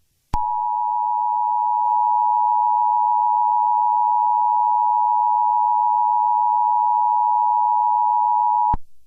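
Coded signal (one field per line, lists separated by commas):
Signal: Emergency Alert System (SAME) tones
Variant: 853 and 960 Hz attention tone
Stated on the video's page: Fictional EAS scenario made with editing software, containing valid EAS tones and sirens.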